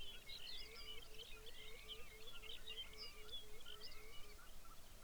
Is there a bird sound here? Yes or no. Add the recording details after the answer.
yes. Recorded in the Arctic National Wildlife Refuge, Alaska, on 23 May 2019 at 05:54. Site 49